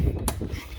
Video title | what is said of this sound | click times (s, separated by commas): LX-Light 7" Cree LED Headlight install Jeep JK | you lock it. | 0.3 s